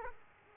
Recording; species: mosquito wingbeat signal from an infrared sensor; Aedes aegypti